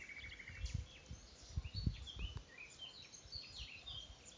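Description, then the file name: Common nightingale giving a run of repeated clear whistles followed by varied chirps, over low, bumpy background rumble. "Luscinia megarhynchos"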